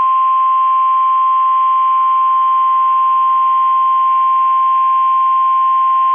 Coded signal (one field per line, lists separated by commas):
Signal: Emergency Alert System (SAME) tones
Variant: 1050 Hz attention tone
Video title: 10/4/23 - KEC65 Required Weekly Test (EAS #888)